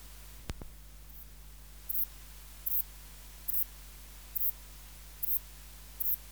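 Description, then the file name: Saddle-backed bush-cricket chirping: a couple of low knocks first, then short, very high buzzy chirps repeating regularly. "Ephippiger cruciger"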